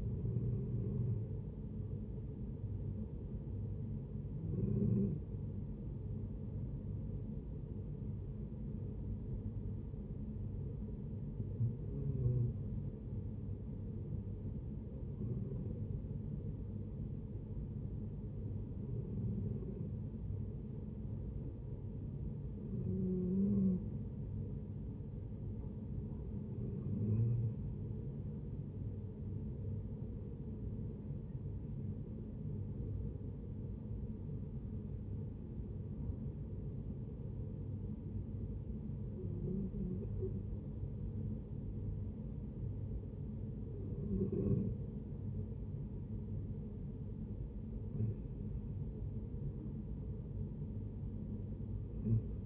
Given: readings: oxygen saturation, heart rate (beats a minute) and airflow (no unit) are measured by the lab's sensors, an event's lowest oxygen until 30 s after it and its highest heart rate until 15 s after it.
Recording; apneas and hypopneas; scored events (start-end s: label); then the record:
breathing in sleep by a smartphone at the bedside; 1
15.00-28.10 s: hypopnea (N1, oxygen 92% highest, then 90% lowest, heart rate 70 at the start, 72 highest)
From the record:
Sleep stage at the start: N1 (lightest sleep); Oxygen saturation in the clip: 90 to 93%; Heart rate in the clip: 65 to 72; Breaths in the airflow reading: 13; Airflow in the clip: -7.2 to 8.7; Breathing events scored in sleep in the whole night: 496 in 5.4 hours asleep